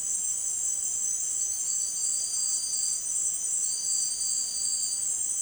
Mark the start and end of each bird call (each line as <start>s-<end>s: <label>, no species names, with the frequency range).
2.27s-2.66s: bird call (0.7-1.7 kHz)